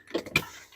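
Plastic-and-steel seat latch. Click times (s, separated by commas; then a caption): 0.4 s. In the cargo area of a 2024 Subaru Forester Wilderness, the rear seatback release is pressed to fold the seat down. After a softer rustle, the spring-loaded latch lets go with a sharp click at 0.4 s, and the seatback is released.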